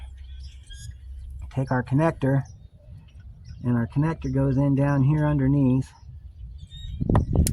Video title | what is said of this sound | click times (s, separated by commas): Washer pump diagnosis and exhaust cam sensor change on a 2015 Buick Verano | push till it clicks take your fingers push in on the gray tab on the back | 7.5 s